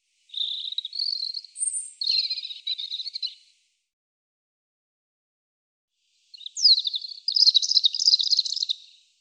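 European robin singing two separate phrases, each a jumble of high thin whistles, a sharp descending sweep and fast trills, with a silent gap of nearly three seconds between them.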